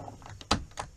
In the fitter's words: there's no that's locked in totally there